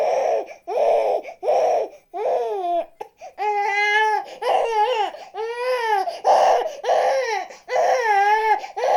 Newborn Baby cry.